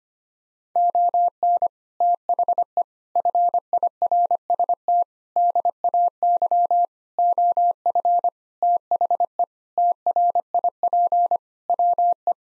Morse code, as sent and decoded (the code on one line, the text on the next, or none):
--- -. / - .... . / ..-. .. .-. ... - / -.. .- -.-- / --- ..-. / - .... . / - .-. .. .--. / .-- .
ON THE FIRST DAY OF THE TRIP WE